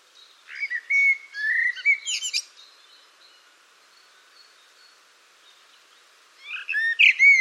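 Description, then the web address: Bird song: quick bursts of high chirpy, whistled notes in an opening phrase, then a quiet gap before another bright burst of chirps near the end. "cianscape birddata Deverinetal 2025 File origin Bird Only Tu Me Tu Me"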